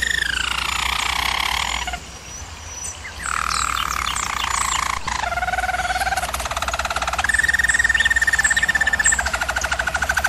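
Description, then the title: German Roller canary song: a descending roll, a short silence, then rolls at several different pitches ending in a rapid pulsed tour, with a low steady hum. German Roller canary singing, for canary training. "German Roller Canary Singing - Canary Training Vid"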